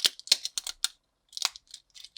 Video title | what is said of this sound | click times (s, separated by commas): LEGO classic space build of the 918 Space Transport set (1979) | you hear the clicking and the the cracking of the lego | 0.3 s, 0.8 s